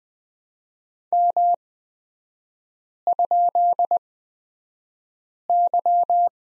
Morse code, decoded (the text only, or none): M?Y